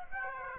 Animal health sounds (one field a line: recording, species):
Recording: mosquito wingbeat signal from an infrared sensor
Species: Aedes aegypti